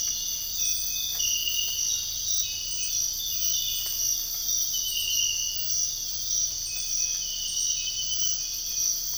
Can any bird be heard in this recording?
no